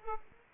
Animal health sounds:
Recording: mosquito wingbeat signal from an infrared sensor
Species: Aedes aegypti

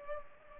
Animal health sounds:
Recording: mosquito wingbeat signal from an infrared sensor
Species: Culex pipiens

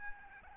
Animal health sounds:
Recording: mosquito wingbeat signal from an infrared sensor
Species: Aedes aegypti

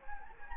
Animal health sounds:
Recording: mosquito wingbeat signal from an infrared sensor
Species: Anopheles gambiae

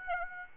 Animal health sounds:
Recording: mosquito wingbeat signal from an infrared sensor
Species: Aedes aegypti

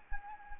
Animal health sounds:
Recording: mosquito wingbeat signal from an infrared sensor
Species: Anopheles arabiensis

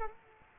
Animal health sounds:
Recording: mosquito wingbeat signal from an infrared sensor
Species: Culex quinquefasciatus

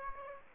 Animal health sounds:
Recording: mosquito wingbeat signal from an infrared sensor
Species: Aedes aegypti

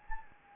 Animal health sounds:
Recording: mosquito wingbeat signal from an infrared sensor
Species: Anopheles gambiae

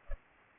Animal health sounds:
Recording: mosquito wingbeat signal from an infrared sensor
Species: Culex pipiens

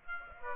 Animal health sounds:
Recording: mosquito wingbeat signal from an infrared sensor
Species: Aedes aegypti

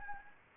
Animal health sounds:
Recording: mosquito wingbeat signal from an infrared sensor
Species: Anopheles arabiensis

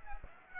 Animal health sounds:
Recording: mosquito wingbeat signal from an infrared sensor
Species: Aedes aegypti

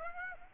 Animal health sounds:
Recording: mosquito wingbeat signal from an infrared sensor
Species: Aedes aegypti

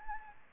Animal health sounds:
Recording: mosquito wingbeat signal from an infrared sensor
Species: Aedes albopictus

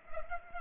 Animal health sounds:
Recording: mosquito wingbeat signal from an infrared sensor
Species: Culex pipiens

